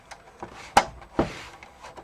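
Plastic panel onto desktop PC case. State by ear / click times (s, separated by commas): seated / 0.8 s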